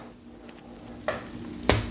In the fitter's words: and then that kind of snaps into place